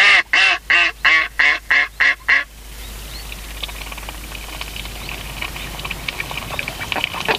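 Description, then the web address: Mallard quacking: a quick run of several loud, harsh quacks, then only background noise. "sikioto. magamo"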